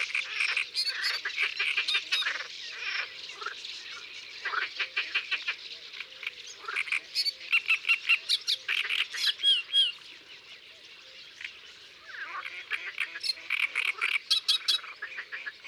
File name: Etourneaux sansonnets Concerts naturels de l Isere Studio Les Trois Becs